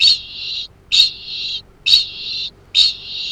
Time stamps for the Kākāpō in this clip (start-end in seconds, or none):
0.00-3.32